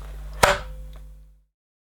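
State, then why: Seated. The end of the solution tube on a Numatic Henry Wash is clipped onto the plastic cleaner wand, and it seats with a single sharp snap at 0.4 s. A steady low hum runs underneath, and a faint tick follows near 0.9 s before the clip goes quiet.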